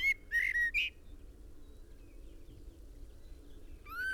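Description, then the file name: Common blackbird gives a short burst of fluted whistles, then a pause and another note at the end, over a low hum. "Turdus merula"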